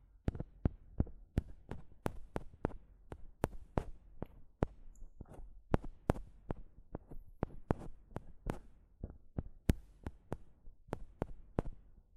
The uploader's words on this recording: ASMR Mic Tapping and Scratching (No Talking).